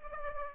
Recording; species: mosquito wingbeat signal from an infrared sensor; Culex pipiens